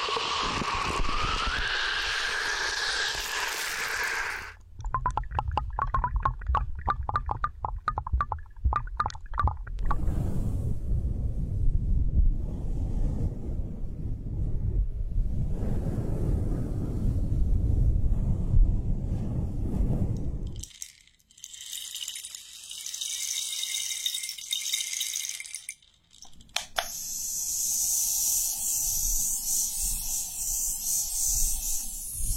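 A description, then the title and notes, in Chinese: A sequence of short natural-element sounds, switching abruptly every few seconds: a bright hiss, then a dense rattling of pebble-like ticks, then a heavy low rumbling roar like strong wind. The last third brings thin high sizzling and crackling, like water or fire. 深度放松土水风火自然元素触发音。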